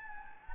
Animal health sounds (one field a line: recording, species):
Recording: mosquito wingbeat signal from an infrared sensor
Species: Anopheles gambiae